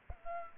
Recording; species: mosquito wingbeat signal from an infrared sensor; Aedes albopictus